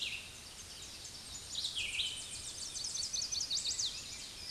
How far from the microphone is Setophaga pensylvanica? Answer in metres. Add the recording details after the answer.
about 40 m. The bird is about 10 m above the microphone. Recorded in a Pennsylvania forest on 16 May 2024 at 07:07. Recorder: AudioMoth, point MSD-2391. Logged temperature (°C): 15.0 °C. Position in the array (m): 80 m, 57 m